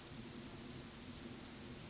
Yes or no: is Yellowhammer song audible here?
no